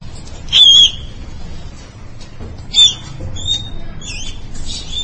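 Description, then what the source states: Mouse squeaks: a few sharp, high, strained cries, the loudest near the start and a weaker one a couple of seconds later, over a hissy background. A dying mouse screaming.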